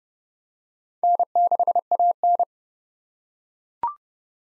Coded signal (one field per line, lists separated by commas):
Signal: Morse code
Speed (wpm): 30 wpm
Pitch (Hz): 700 Hz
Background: none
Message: N6AN